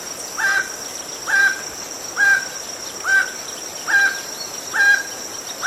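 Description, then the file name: Emerald toucanet repeating short guttural croaks at an even pace, about one per second, over a persistent high insect whine. "Canto do tucaninho verde"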